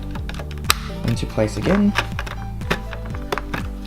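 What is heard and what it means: A plastic trim/vent piece, pushed all the way to the left, is snapped onto the fascia of an Android 10.2-inch head unit for an Evo X/RA Lancer, with a sharp, loud click at 0.7 s. Music plays in the background with a few softer ticks, and someone talks. The piece is confirmed seated in place.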